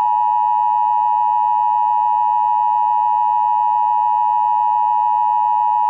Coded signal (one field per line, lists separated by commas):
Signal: Emergency Alert System (SAME) tones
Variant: 853 and 960 Hz attention tone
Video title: Emergency Alert System - Required Monthly Test (Wendy's)